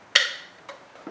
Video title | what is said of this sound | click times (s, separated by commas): Sail Wars! Smoothy Footy Build for $130! RC Sailing Magic with John | locks in place. So this is firmly. There is not a rattle or a budge. | 0.2 s